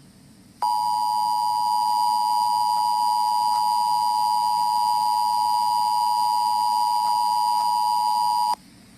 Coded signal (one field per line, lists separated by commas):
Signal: Emergency Alert System (SAME) tones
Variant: 853 and 960 Hz attention tone